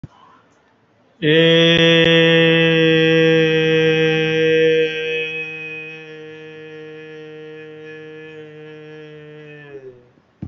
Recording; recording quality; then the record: sustained vowel as in made; excellent, no background noise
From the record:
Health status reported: respiratory illness, not identified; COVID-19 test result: negative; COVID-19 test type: RT-PCR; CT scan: taken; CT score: 0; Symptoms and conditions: cold, breathing difficulty, fatigue, muscle pain, chronic lung disease, another respiratory illness, hypertension, another condition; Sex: male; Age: 32 years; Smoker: no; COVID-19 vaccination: one dose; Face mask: worn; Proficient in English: yes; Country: India